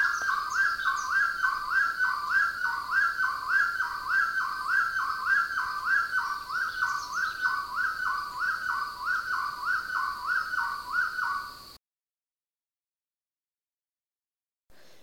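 Bird repeating rapid downslurred whistled notes at an even rhythm, about two per second, for some twelve seconds before the sound cuts to silence.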